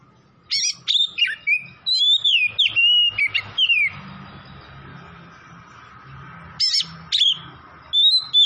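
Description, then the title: Oriental magpie-robin singing rich whistled and slurred notes in a lively run, then after a pause more whistled phrases, faint hum beneath. Tretes; singing vigorously (gacor). "Kacer Tretes"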